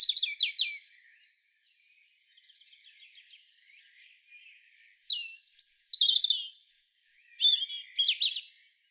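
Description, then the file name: European robin singing: a sharp high phrase opens, then soft, quiet warbling, before loud bursts of thin, sliding whistles and trills return in the second half. "Erithacus rubecula"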